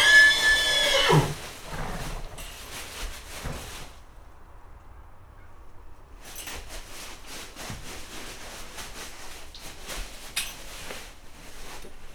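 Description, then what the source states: Horse whinny cut off at the start, then restless rustling and shuffling in bursts. Horse nervous and restless in a stable in a farmyard.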